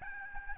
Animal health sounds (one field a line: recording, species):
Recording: mosquito wingbeat signal from an infrared sensor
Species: Aedes albopictus